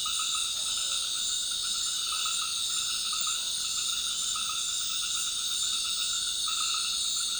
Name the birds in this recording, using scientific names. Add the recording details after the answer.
none. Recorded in dense forest near Puerto Asís, Putumayo, Colombia, on 20 February 2024 at 19:00. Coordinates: 0.502, -76.324. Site G6370